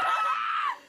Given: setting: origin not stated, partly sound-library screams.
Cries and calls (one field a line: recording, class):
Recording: one-second piece from a danger detection set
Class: woman in danger